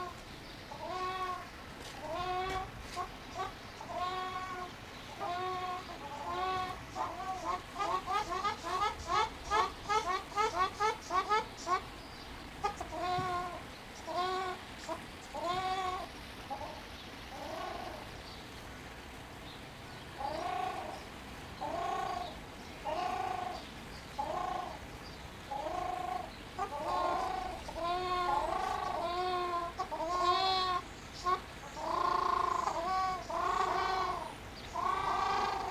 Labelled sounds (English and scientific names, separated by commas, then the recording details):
Ruddy Shelduck (Tadorna ferruginea) call
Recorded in captivity
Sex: pair
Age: adult
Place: Zoo Berlin, Berlin, DE
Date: 1998-03-21
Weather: sunny, ca. 0°C
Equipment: Nagra SN, Kopie Uher 4000 Report Monitor
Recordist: Tembrock, Günter